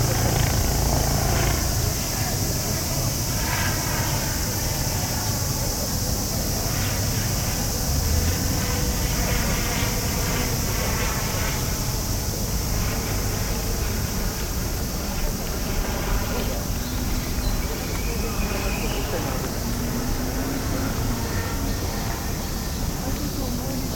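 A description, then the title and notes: Ambience at Yasukuni Shrine in Tokyo: a steady, dense wash of hiss and low rumble holds level throughout, like traffic or crowd noise. Faint murmured voices drift in and out, with a brief rising tone near the twentieth second. Field-recorded at Yasukuni Shrine, Tokyo. An arranged ambient track by kaolu_euphony from the sound materials field-recorded at several places in Tokyo.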